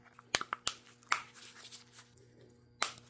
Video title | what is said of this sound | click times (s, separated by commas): 2008 Lexus ISF - Valve Cover Gasket Replacement - Spark Plugs - Coil Packs | So, this is how it snaps into place here. | 0.3 s, 0.7 s